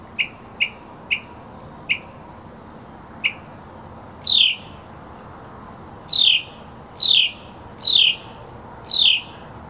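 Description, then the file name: Mockingbird song: a series of short, high chips, then louder downslurred whistles repeated roughly once a second. Masteran (tutor) sound for songbirds, uploaded November 2014. "suara masteran mockingbird"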